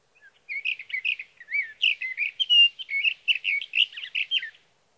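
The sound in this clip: Sage thrasher singing a continuous jumble of quick, warbling phrases with rising and falling slurs, lasting about four seconds before stopping.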